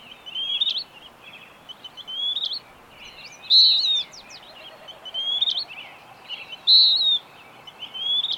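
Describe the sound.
Bird song: bright whistled phrases, some with sharp upper notes, alternating louder and softer, with background hiss.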